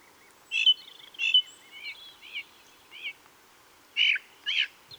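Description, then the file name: Ring ouzel giving loud paired notes, a few softer slurred chevron-shaped notes between, then a final strong pair, over a quiet background. Recorded on the Wank near Garmisch on 26 April 2014. "Ringdrossel. Wank. Michle Pron"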